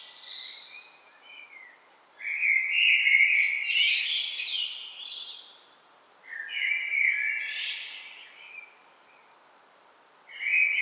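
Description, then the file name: Common blackbird singing repeated phrases, each a mellow warble that climbs into thin, scratchy high notes, with a brief gap between phrases. "Turdus merula"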